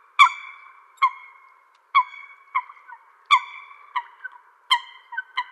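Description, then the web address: Eurasian coot calls: short explosive harmonic notes repeated at short intervals, some followed by softer trailing notes. "Schulze Peter Eurasian Coot calls"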